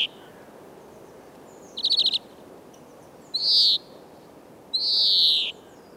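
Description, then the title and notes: European greenfinch singing a quick rattled trill, then two drawn-out buzzy wheezes, the second longer and gently falling in pitch. "Viherpeippo. Asko Hauta-aho"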